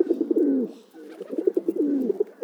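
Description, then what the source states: Pigeon cooing, a low burbling series of soft throaty notes with a drawn-out sliding coo, repeated twice with a brief pause between. Urban pigeon.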